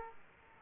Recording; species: mosquito wingbeat signal from an infrared sensor; Aedes aegypti